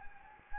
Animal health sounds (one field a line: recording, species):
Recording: mosquito wingbeat signal from an infrared sensor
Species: Anopheles gambiae